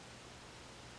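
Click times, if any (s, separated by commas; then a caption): none. An eyepiece being handled onto the adapter threads of an IRay MH25 night vision monocular during an eyepiece upgrade, turned counterclockwise to find the thread start. Only steady, broadband hiss-like noise is heard for about 1.1 seconds, with no distinct sounds and no talk. Nothing has seated or clicked yet.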